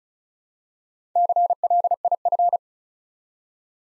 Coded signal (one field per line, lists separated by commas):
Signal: Morse code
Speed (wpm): 36 wpm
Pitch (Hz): 700 Hz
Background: none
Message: CLIF